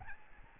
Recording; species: mosquito wingbeat signal from an infrared sensor; Aedes albopictus